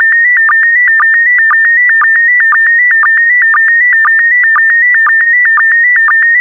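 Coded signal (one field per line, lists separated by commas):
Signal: SSTV (slow-scan television)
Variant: PD120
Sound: steady warbling tone near 2 kHz, shifting slightly, with quick low blips twice a second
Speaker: transmission complete you can now check your decoded image against the picture that is shown on the video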